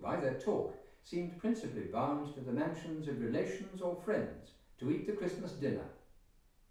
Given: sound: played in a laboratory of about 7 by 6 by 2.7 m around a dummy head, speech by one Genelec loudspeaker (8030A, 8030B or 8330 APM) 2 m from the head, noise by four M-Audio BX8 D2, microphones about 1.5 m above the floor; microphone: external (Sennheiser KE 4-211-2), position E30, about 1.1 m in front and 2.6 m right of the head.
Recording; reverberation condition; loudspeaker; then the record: male speech in English; medium; 30 degrees to the left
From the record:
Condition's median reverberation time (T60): about 510 ms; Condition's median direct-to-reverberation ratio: about -0.5 dB